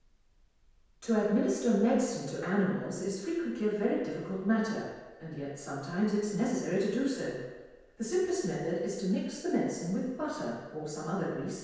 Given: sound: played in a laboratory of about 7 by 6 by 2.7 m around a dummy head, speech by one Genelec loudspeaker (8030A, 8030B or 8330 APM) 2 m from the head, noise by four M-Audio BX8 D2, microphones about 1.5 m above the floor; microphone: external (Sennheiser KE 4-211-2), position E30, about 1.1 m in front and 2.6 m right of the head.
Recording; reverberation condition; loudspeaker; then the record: female speech in English; high; 120 degrees to the left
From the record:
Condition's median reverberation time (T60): about 1300 ms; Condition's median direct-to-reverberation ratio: about -4.0 dB